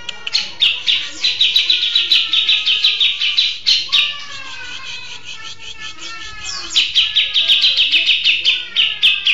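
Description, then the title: Oriental magpie-robin song: long runs of rapid, high chattering notes, with a softer stretch midway before another fast run resumes. "Kicau Kacer"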